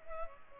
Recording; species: mosquito wingbeat signal from an infrared sensor; Culex pipiens